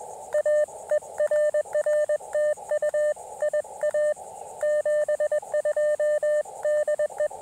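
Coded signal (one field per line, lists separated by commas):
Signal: Morse code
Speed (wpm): 23 wpm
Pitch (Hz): 590 Hz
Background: radio noise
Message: A ER RTU IA 72 DE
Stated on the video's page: QRP CW Parks on the Air activation at a state park using Elecraft KX2 with Bamatech TP-III paddle, Packtenna random wire antenna.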